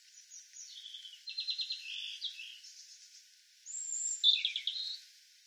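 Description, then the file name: European robin song: a run of high, thin, varied phrases with fast tinkling trills and sliding whistles, ending in a brighter, louder burst. "Erithacus rubecula"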